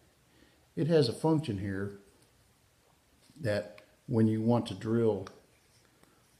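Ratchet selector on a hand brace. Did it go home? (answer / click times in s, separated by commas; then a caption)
no / none. Someone talks while handling the ratchet selector on an old hand brace (bit brace), with faint small clicks in the pauses between words. The part has not locked yet, and nothing has seated or clicked into place yet.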